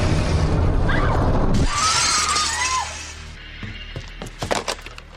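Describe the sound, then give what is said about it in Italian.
A car window shatters with a loud, dense crash, followed by a bright hiss of breaking glass and then scattered tinkling fragments falling and settling for a couple of seconds. “I vetri dell'auto in frantumi”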